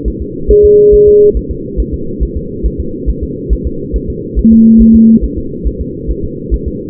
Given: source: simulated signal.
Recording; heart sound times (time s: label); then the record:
fetal heart sounds
0.08 s: S1
0.22 s: S2
0.51 s: S1
0.65 s: S2
0.94 s: S1
1.08 s: S2
1.37 s: S1
1.51 s: S2
1.80 s: S1
1.94 s: S2
2.23 s: S1
2.37 s: S2
2.66 s: S1
2.80 s: S2
3.10 s: S1
3.23 s: S2
3.53 s: S1
3.67 s: S2
3.96 s: S1
4.10 s: S2
4.39 s: S1
4.53 s: S2
4.82 s: S1
4.96 s: S2
5.24 s: S1
5.38 s: S2
5.67 s: S1
5.81 s: S2
6.11 s: S1
6.25 s: S2
6.54 s: S1
6.68 s: S2
From the record:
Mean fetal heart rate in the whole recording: 140 bpm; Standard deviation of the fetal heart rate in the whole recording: 2 bpm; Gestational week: 34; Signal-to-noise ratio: -6.6 dB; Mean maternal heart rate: 72 bpm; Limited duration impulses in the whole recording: present